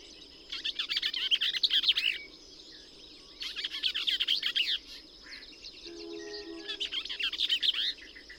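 Bell's vireo singing rapid, buzzy jumbled phrases three times over a constant high whine, with a brief low tonal sound near the end.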